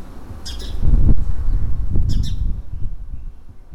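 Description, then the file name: House sparrow calls, two quick pairs of sharp chirps about a second and a half apart, with a loud low rumble underneath. "Passer domesticus"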